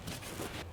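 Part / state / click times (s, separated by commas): plastic push clips into trim panel / not seated / none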